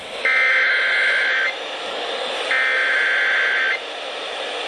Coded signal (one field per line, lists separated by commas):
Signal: Emergency Alert System (SAME) tones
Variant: header bursts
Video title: THE WRATH OF BUNCHA FLUDDZ... EAS Alerts from 5/18/18 - 5/19/18 (EAS #1,028 - 1,069)